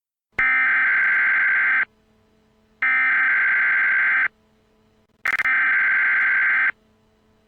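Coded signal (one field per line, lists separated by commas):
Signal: Emergency Alert System (SAME) tones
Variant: header bursts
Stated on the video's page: Fictional EAS scenario alert tones.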